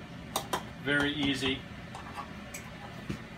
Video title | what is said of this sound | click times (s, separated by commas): Norcold 2118 RV Fridge Sticking Flap Quick Fix | on it just snaps right in very | 0.4 s, 0.5 s